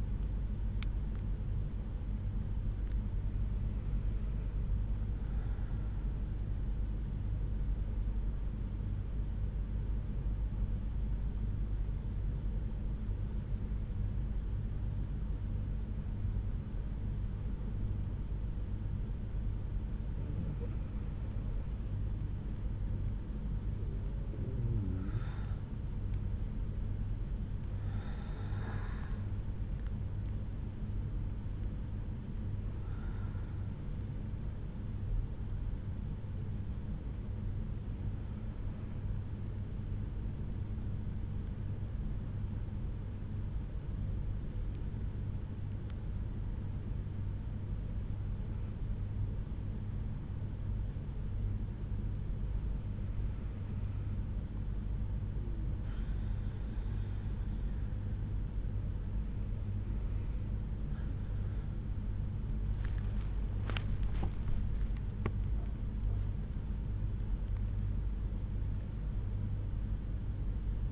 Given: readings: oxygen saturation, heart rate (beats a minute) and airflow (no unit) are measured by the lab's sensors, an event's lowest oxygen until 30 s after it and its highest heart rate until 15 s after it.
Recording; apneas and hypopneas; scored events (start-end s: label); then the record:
breathing in sleep by a smartphone at the bedside; 2
6.00-22.00 s: hypopnea (N1, oxygen 96% highest, then 93% lowest)
37.00-57.30 s: hypopnea (N1, oxygen 96% highest, then 93% lowest)
From the record:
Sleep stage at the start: N1 (lightest sleep); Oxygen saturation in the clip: 92 to 96%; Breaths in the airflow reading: 12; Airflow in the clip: -7.9 to 8.4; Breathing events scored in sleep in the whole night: 368 in 8.0 hours asleep